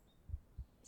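A normal adult heartbeat heard close up, as if with the ear pressed against the chest: one deep, low lub-dub of two soft thumps.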